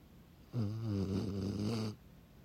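A single snore lasting about one and a half seconds, recorded on a Sunday afternoon in Pittsburgh, PA, USA, on 11 February 2024: a low, steady, droning rattle with a buzzy vibrating quality, rising sharply and cutting off cleanly. The background is otherwise quiet.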